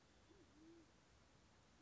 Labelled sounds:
Band-tailed Pigeon
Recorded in Sonoma County, California

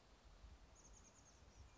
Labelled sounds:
Chestnut-backed Chickadee
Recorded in Sonoma County, California

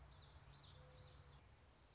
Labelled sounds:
Common Yellowthroat
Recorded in Sonoma County, California

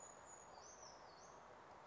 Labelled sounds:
Brown Creeper
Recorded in Sonoma County, California

